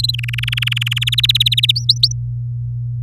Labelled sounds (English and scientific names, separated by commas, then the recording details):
Domestic Canary (Serinus canaria) song
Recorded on 4 May 2018 at 07:25
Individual llb16